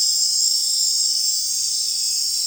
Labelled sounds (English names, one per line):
none